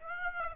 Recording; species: mosquito wingbeat signal from an infrared sensor; Aedes aegypti